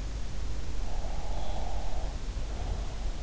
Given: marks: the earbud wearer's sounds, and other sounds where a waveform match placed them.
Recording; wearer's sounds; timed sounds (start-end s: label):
sounds in sleep by an in-ear microphone; breath
0.86-3.17 s: breath